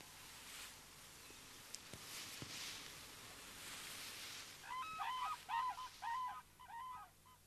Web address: red-crowned crane